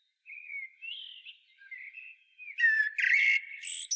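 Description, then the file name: Common blackbird song: low fluty warbled phrases that slide and waver, then a burst of harsh, squeaky twittering and a couple of thin high notes at the end. "Turdus merula"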